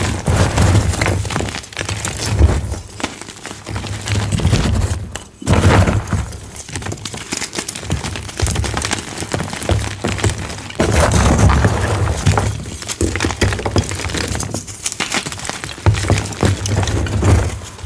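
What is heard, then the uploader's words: Dyed gym chalk blocks are crushed in a fast, dense run of crisp crackles and crumbling snaps. The crunching is nearly continuous, swelling in bursts of a few seconds with a low thud underneath, and briefly dropping away around five seconds. 25+ Deep Blue Dyed Chalk Blocks Fast Crushing, Loud ASMR Sounds. Loud, fast asmr oddly satisfying crispy dyed gym chalk crushing sounds.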